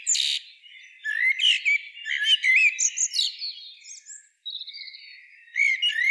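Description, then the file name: Common blackbird song opening with a harsh rasp, followed by looping warbled notes and high whistles, a brief break, then more twitters. "Turdus merula"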